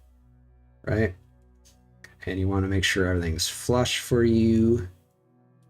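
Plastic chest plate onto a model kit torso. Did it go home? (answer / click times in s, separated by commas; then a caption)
no / none. A plastic chest plate piece is being handled over the torso of an XXXG-01S Shenlong Gundam Gunpla model kit while someone talks. A brief faint tick comes at about 2.0 s between the bursts of speech, and the plate has not seated or snapped on yet.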